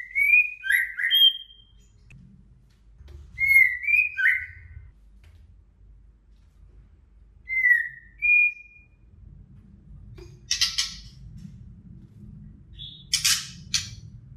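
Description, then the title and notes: White-rumped shama song: short slurred whistled phrases spaced a few seconds apart, followed by two broad rustling bursts near the end. Female. "murai betina. suara burung kicau"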